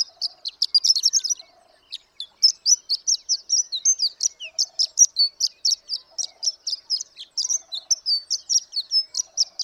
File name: Horned Lark